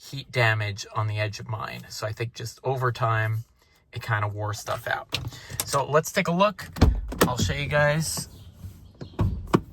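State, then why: Released. Someone talks about heat damage that wore out the parts on a 2008 VW Jetta MK5, then pulls the handle and cable of the repaired hood release. Short mechanical knocks follow near the end, and the hood latch lets go with a sharp click at 9.5 s, releasing the hood.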